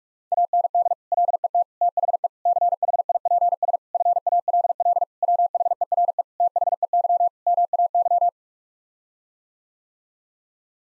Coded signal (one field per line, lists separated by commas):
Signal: Morse code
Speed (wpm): 46 wpm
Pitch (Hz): 700 Hz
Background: none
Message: AND LET THE CHIPS FALL WHERE THEY MAY